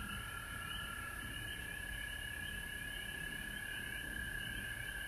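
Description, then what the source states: Frogs calling together in an unbroken, pulsing chorus, many overlapping trills holding steady throughout, over a faint low rumble and a high hiss. Recorded at home in Georgia on March 19, 2020.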